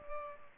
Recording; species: mosquito wingbeat signal from an infrared sensor; Culex pipiens